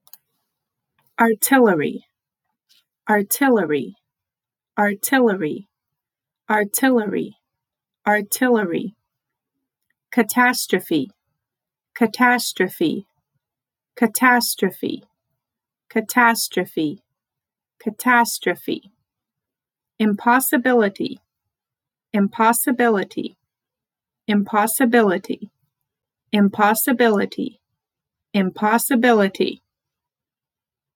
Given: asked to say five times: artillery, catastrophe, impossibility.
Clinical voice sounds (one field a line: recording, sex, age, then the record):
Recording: three words, each repeated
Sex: female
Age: 30 to 39 years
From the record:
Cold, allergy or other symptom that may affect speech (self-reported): no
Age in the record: 33 years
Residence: Nebraska, United States